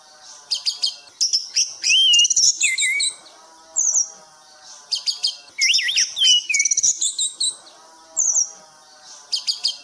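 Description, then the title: Thrush song of rapid chatter and sweeping whistled slurs in several bursts, with a low droning hum underneath. Masteran recording of bird sound for tutoring cage birds; title describes it as gacor teler. "anis gacor teler"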